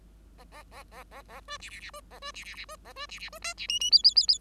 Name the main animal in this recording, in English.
Bengalese Finch